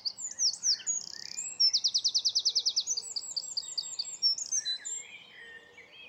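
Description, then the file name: Eurasian wren song: sharp high notes and a buzz lead into a loud, fast rattling trill of repeated notes, then a tumbling series of twittering phrases. "Troglodytes troglodytes"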